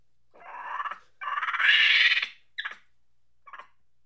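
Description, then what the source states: Monkey making pulsing, buzzy chatter in two bursts, followed by two brief sharp notes. Angry chattering.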